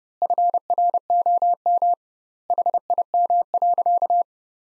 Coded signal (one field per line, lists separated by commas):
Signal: Morse code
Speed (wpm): 30 wpm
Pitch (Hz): 700 Hz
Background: none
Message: FROM HIM.